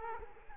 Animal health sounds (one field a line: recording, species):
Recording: mosquito wingbeat signal from an infrared sensor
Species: Culex quinquefasciatus